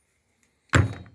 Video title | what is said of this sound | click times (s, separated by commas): Вилка поперечини, шкворень та пальці поперечини | його так опускаєте він клац туди і попав | 0.8 s